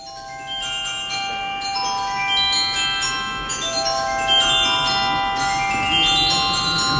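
Bright silvery bells chime in a melodic passage, their clear high notes ringing and overlapping in a steady flow of music, with no voices heard.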